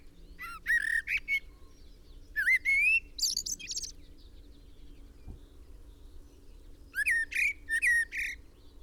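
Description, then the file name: Common blackbird song: short phrases of slurred whistled notes with squeaky high twitters, three bursts separated by pauses, over a steady low hum. "Turdus merula"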